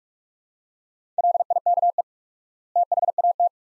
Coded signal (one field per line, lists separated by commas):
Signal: Morse code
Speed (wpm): 47 wpm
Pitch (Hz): 700 Hz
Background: none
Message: LIKE THAT